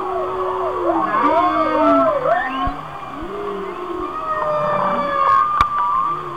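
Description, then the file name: Whale song: overlapping swooping moans and wavering whistles, some rising and falling in arcs, with a low steady hum beneath and a brief click near the end. "Whale Songs- Mike Mc Donald"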